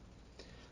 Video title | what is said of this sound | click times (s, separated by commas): Tam Valley Depot DCC Servo Control System Part Three | pop it until it clicks | 0.4 s